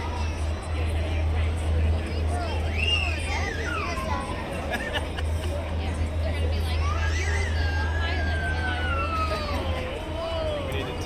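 Oga's Cantina ambience: a steady wash of overlapping voices and crowd chatter fills the whole clip, with a constant low hum underneath. Gliding, whistling electronic tones rise and fall around three seconds and again from seven to ten seconds.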